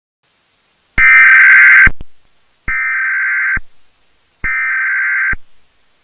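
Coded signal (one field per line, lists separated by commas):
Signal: Emergency Alert System (SAME) tones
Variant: header bursts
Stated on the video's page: Simulated recreation of EAS tones for a fictional dramatized alert scenario, not a real alert.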